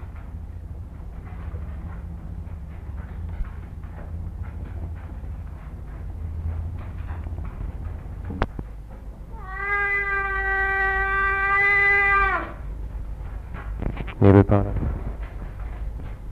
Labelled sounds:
Clouded Leopard

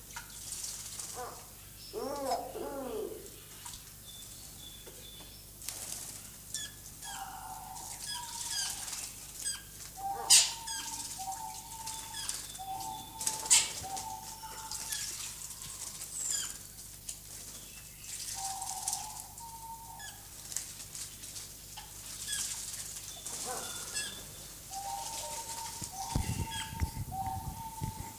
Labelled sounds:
Diamond Dove courtship call

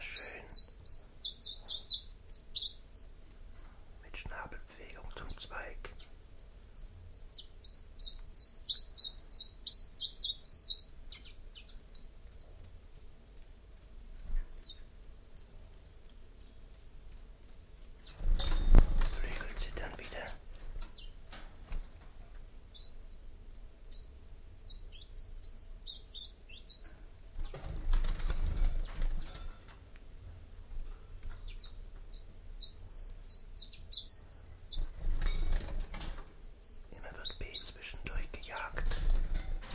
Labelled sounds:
Common Chiffchaff song

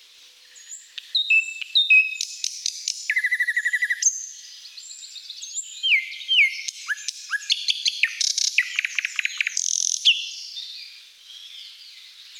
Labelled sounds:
Thrush Nightingale song

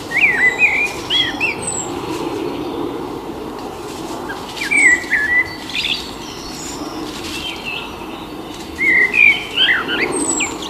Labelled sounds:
Common Blackbird song

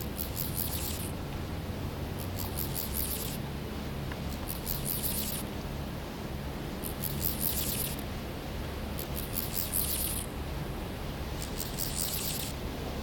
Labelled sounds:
Steppe Grasshopper stridulation

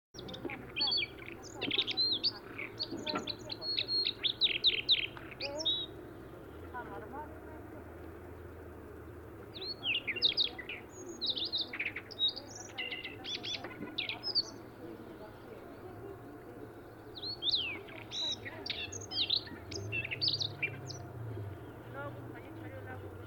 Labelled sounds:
Siberian Rubythroat song

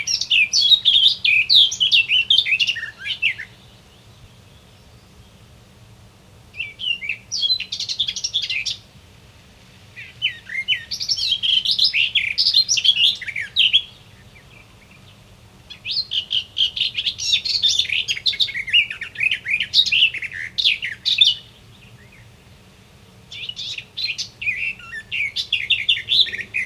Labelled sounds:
Garden Warbler song

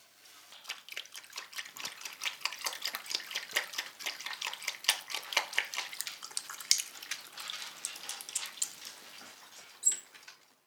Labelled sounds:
South American Coati

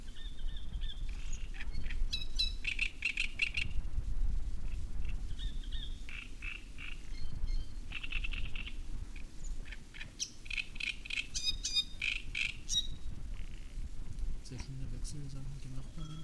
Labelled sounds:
Great Reed Warbler

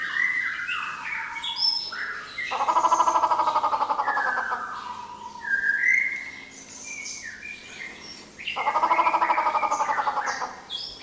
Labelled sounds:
Grey Peacock-Pheasant

